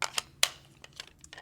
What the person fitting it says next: right now I've got a moderate amount of retention you can hear that click that's overcoming that retention bump